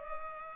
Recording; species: mosquito wingbeat signal from an infrared sensor; Culex pipiens